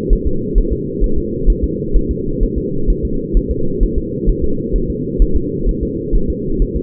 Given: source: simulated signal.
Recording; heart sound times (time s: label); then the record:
fetal heart sounds
0.13 s: S1
0.27 s: S2
0.58 s: S1
0.73 s: S2
1.04 s: S1
1.18 s: S2
1.50 s: S1
1.64 s: S2
1.96 s: S1
2.11 s: S2
2.43 s: S1
2.58 s: S2
2.90 s: S1
3.05 s: S2
3.37 s: S1
3.51 s: S2
3.83 s: S1
3.98 s: S2
4.30 s: S1
4.44 s: S2
4.76 s: S1
4.90 s: S2
5.22 s: S1
5.37 s: S2
5.69 s: S1
5.83 s: S2
6.16 s: S1
6.30 s: S2
6.62 s: S1
6.77 s: S2
From the record:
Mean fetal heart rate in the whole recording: 130 bpm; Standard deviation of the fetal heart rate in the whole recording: 2 bpm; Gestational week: 38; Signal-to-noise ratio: -8.1 dB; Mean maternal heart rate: 72 bpm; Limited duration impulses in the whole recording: absent